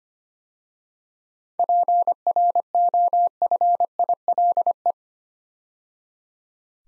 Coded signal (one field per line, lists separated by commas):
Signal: Morse code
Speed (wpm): 25 wpm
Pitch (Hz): 700 Hz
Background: none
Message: PROFILE